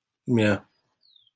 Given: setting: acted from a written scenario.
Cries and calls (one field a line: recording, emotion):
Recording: vocal sound without words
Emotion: neutral